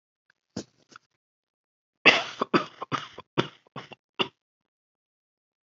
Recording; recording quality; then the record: shallow voluntary cough; excellent, no background noise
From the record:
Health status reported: respiratory illness, not identified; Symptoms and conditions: asthma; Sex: male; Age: 26 years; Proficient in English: yes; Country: United States